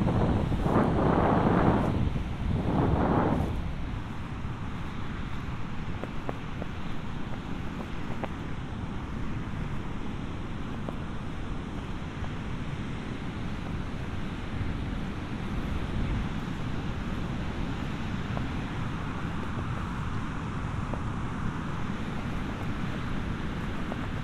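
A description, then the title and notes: On a beach walk near Vik, Iceland, a steady low roar of wind and surf fills the air, with two loud gusts at the start. A walk on a beach in southern Iceland near Vik. Walk on beach near Vik, Iceland.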